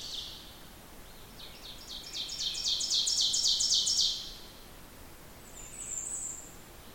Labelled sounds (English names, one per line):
Ovenbird song